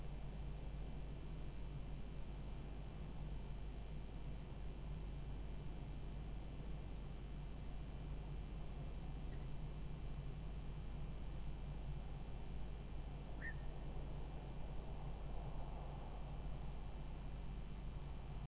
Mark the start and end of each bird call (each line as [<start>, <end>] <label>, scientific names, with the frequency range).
[13.38, 13.56] Nycticorax nycticorax (1.6-2.1 kHz)